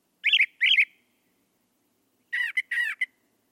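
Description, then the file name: Brown thrasher song: a harsh doubled phrase, a pause, then a scratchy repeated phrase with short clipped notes between. "suara kicauan brown thrasher. omkicau"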